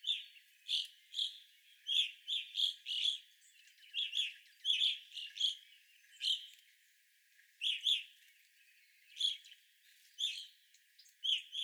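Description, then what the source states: Evening grosbeak: repeated sharp chirps of evening grosbeaks, clustered in pairs and triplets with short pauses between bursts. Recorded 25 April 2021; several evening grosbeaks.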